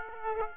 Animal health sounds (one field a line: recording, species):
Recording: mosquito wingbeat signal from an infrared sensor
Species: Aedes aegypti